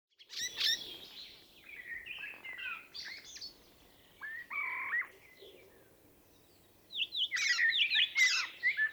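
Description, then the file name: Common blackbird song in broken fragments: short fluty warbles and scratchy bursts, a long quiet stretch, then a loud high twittering phrase at the end. "Turdus merula"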